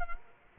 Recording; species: mosquito wingbeat signal from an infrared sensor; Culex quinquefasciatus